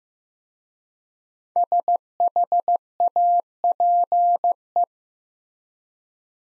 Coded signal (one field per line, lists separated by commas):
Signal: Morse code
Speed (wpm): 15 wpm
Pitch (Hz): 700 Hz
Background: none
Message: SHAPE